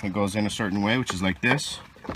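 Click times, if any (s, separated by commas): none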